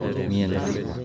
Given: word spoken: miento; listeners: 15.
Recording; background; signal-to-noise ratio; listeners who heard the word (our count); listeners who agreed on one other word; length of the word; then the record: one Spanish word in noise, from a listening test; eight-talker babble; 0.1 dB; 0 of 15; 7 of 15; 0.65 s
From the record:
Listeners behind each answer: 7, 2, 2, 1, 1, 1, 1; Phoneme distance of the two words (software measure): 24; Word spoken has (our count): 2 syllables, 6 phonemes, stress on syllable 1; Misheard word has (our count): 2 syllables, 8 phonemes, stress on syllable 1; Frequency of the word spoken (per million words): 1.59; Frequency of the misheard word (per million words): 541.62